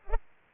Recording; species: mosquito wingbeat signal from an infrared sensor; Culex pipiens